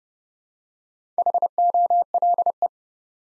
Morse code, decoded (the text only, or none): HOLE